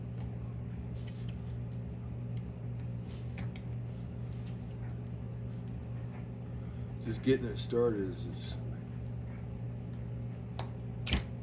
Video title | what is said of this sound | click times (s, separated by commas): Installing H beam rod to stroker pistons and rings on a LS 408 stroker | you hear that little click? | 10.6 s